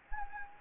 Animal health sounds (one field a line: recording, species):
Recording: mosquito wingbeat signal from an infrared sensor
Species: Anopheles gambiae